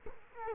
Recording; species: mosquito wingbeat signal from an infrared sensor; Culex quinquefasciatus